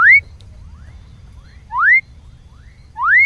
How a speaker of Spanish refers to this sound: lo que vamos a escuchar es una ranita del norte argentino que se llama Leptodactylus fuscus